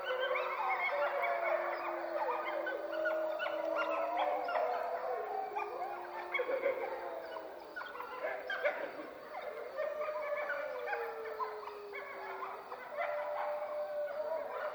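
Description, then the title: Wolf pack in a busy chorus of howls and yips, some long howls sliding downward beneath the dense, excited yelping. Soundscape at Freita. "Wolf Soundscapes 10 Freita Melissa Pons"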